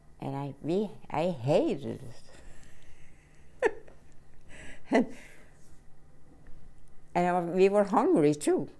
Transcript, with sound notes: And we, I hated it. (she laughs) And we were hungry, too,